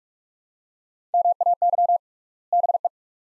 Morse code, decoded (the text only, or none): MAY BE